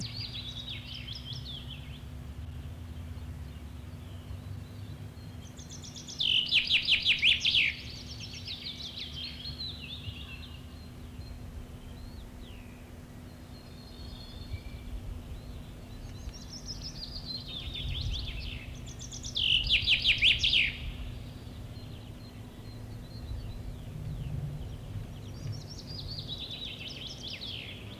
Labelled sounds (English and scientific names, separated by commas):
Common Chaffinch (Fringilla coelebs) song